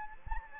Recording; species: mosquito wingbeat signal from an infrared sensor; Anopheles gambiae